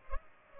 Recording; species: mosquito wingbeat signal from an infrared sensor; Culex pipiens